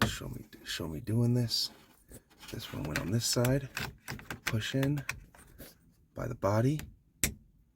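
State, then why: Seated. A plastic wiring connector is pushed by its body into the back of a 2007 Expedition's car radio while someone talks. It snaps home with a sharp click at 7.2 s, and the connector is seated.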